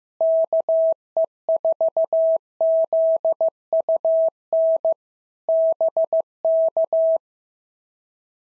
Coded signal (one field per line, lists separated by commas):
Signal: Morse code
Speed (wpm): 15 wpm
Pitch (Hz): 650 Hz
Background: none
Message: KE4ZUN BK